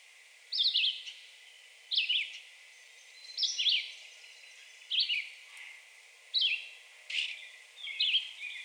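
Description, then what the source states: Red-eyed Vireo song: brief slurred whistled phrases delivered in a steady series with short gaps between each phrase. Recorded 2 June 2020.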